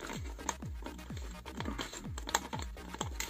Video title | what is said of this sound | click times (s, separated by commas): J'Achète 30 Objets Temu (grosse arnaque...) | par contre ça se clipse pas je comprends pas trop bon | none